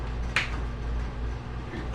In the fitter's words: Hear it click when it popped in.